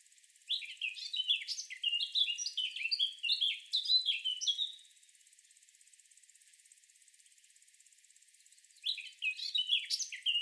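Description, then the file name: Eurasian blackcap song: a rapid, varied warble of scratchy and whistled high notes running about four seconds, then a pause before another warbled phrase begins. "Sylvia atricapilla"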